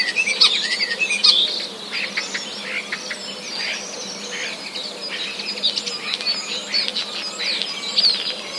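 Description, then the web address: Common starling song, busy twittering chirps and rattling clicks, loudest at the start, then a steady softer chatter continuing to the end. Starlings singing; song contains borrowings from sparrow sounds. "wroblowe zapozyczenia szpaki"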